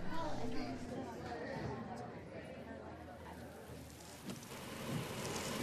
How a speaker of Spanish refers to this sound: Qué difícil es ver cómo está la lluvia.